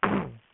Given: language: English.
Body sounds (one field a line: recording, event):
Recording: throat vibration sensor signal played as sound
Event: throat clearing